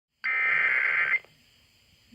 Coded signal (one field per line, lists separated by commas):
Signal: Emergency Alert System (SAME) tones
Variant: header bursts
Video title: WJR Tornado Warning (EAS #741)